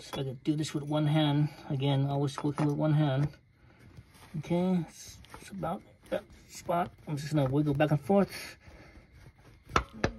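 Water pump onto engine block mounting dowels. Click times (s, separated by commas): 9.8 s, 10.0 s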